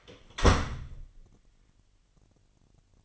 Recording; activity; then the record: daily activity, microphone in the room; close door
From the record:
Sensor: 4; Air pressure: 999.4 hPa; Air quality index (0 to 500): 115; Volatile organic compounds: 2 ppm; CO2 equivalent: 1138 ppm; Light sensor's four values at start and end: 13/31/12/13 and 13/31/12/14